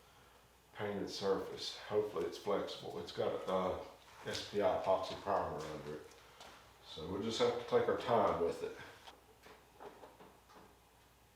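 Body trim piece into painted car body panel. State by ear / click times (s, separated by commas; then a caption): not seated / none. A trim piece is carefully lined up on a freshly painted Mustang body panel with SPI epoxy primer under the paint, worked slowly without forcing because it only goes in one way. Someone talks for most of the clip, followed by faint handling sounds near the end. Nothing has clicked or seated yet.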